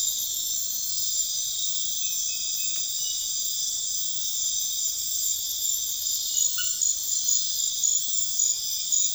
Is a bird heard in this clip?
no